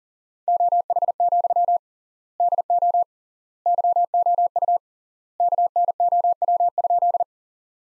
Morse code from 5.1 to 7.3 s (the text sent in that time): KNOW?